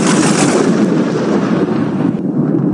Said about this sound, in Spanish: El sonido del trueno despertó a Vinagrito. El sonido del trueno es muy mala.